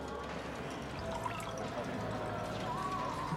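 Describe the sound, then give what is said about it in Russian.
A bartender pours red wine into a glass at a casino bar in a steady, gentle trickle lasting a few seconds, its faint pitch rising slightly as the glass fills, beneath a low murmur of background voices. “Он ставит перед ней бокал, наливает красное вино.”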